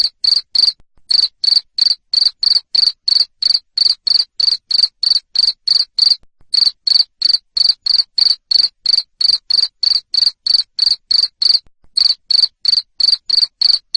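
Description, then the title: Cricket: a long train of loud, high cricket chirps at roughly three per second, broken by a few short silences. Loud cricket chirping, played to stimulate lovebirds to sing continuously. "Suara JANGKRIK NGERIK Keras Bikin LOVEBIRD Jadi NGEKEK Terus"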